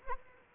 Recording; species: mosquito wingbeat signal from an infrared sensor; Culex quinquefasciatus